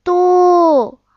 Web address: koe toki